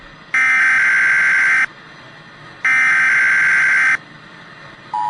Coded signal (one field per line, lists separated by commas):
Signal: Emergency Alert System (SAME) tones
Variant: header bursts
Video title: High-Altitude Incursion - EAS Scenario